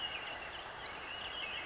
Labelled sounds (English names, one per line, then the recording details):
California Towhee
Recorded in Sonoma County, California